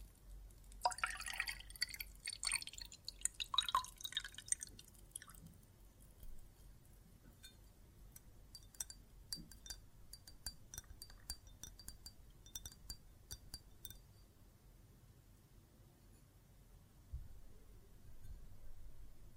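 Soap foam fizzes and crackles densely for the first five seconds, then settles into scattered small pops and drip-like clicks that continue irregularly until about fourteen seconds. A low, soft rumble runs underneath throughout, with a brief swell near seventeen seconds.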